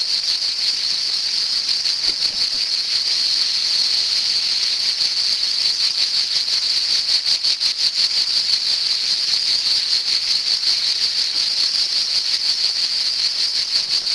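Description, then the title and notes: Cicada song, an unbroken high buzzing hum with fine rapid pulses, holding steady in level for the whole stretch. Cicadas in summer. "cigales. l'été"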